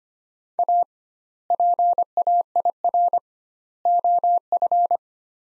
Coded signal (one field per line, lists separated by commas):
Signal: Morse code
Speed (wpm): 25 wpm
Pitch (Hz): 700 Hz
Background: none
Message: A PAIR OF